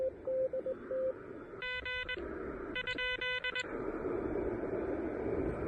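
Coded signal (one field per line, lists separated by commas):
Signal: Morse code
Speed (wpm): 21 wpm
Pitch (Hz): 2000 Hz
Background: radio noise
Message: G ?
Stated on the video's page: QRP Parks on the Air activation in a national forest using an Elecraft KH1 with an end-fed half-wave antenna.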